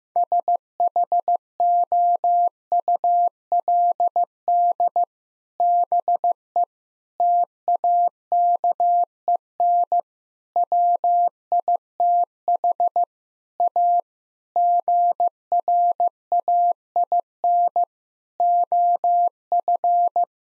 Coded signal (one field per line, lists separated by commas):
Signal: Morse code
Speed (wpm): 15 wpm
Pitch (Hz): 700 Hz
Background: none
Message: SHOULD BE TAKEN WITH A GRAIN OF